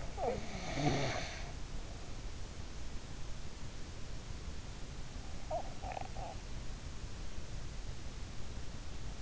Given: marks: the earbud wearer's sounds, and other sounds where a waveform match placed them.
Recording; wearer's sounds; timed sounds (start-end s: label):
sounds in sleep by an in-ear microphone; snoring breath
0.00-2.13 s: snoring breath
5.36-6.59 s: snoring breath